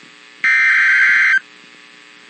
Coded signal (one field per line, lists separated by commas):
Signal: Emergency Alert System (SAME) tones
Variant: header bursts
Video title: Severe Thunderstorm Warning (EAS #393)